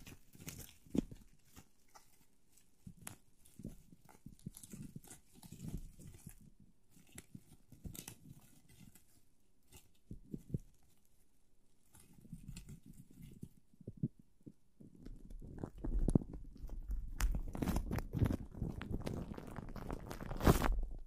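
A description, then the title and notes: Plastic wrap rubbing against a microphone, a dense run of low crinkling and thumping handling noise. Sharp crackles and bumps come irregularly throughout, staying mostly low and muffled, then grow louder and busier after about fifteen seconds, peaking near the end. PLASTIC WRAP ON THE MIC (EXTRA TINGLY).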